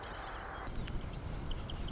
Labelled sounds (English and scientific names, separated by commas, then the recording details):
Marsh Wren (Cistothorus palustris)
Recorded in Sonoma County, California